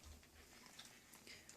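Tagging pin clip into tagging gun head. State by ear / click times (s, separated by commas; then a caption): seated / 1.5 s. A plastic strip of tagging pins is slid into the slot on top of a handheld tagging gun and pushed until it snaps into place. Faint rustling and small ticks lead up to a short, sharp click at 1.5 s as the pin clip seats in the gun head.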